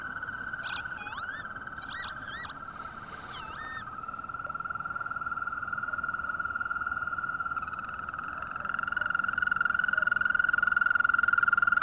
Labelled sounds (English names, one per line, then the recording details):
Green Toad
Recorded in the wild
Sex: male
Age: adult
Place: Falkenberger Rieselfelder, Barnim, Berlin, DE
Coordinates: 52.5792, 13.5536
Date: 1995-05-01 21:52
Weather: Lufttemperatur 4°C
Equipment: Sony TCD-D3, Sennheiser ME 80, K 30 AV (III), Windschutz
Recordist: Frommolt, Karl-Heinz